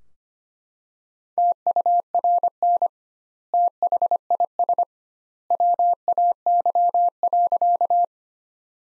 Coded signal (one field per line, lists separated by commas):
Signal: Morse code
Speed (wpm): 25 wpm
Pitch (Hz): 700 Hz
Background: none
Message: TURN THIS WAY.